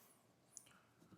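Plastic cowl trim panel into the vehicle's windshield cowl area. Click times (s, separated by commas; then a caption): 0.6 s. A plastic cowl trim panel on a Jeep is pressed back into position in the windshield cowl area after the light wiring is routed. A single short, sharp snap is heard at 0.6 s, and the panel is seated in place.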